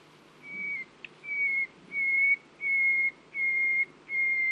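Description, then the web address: Common nightingale song phrase: a slow series of long pure whistles on one pitch, each about half a second, repeated steadily. "owen Common Nightingale (Luscinia megarhynchos)"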